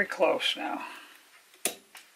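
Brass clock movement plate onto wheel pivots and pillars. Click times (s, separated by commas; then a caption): 1.7 s. Someone talks while reassembling the movement of a 1914 Ingraham "Suwannee" clock, working the brass top plate down over the wheel pivots and pillars. At 1.7 s the plate drops into place with a sharp snap, followed by a fainter tick. The plate is seated.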